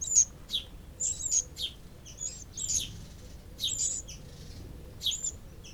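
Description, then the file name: Eurasian wren, quick high-pitched chirps in small bursts, some doubled, repeated irregularly throughout over quiet low background noise. "Troglodytes troglodytes"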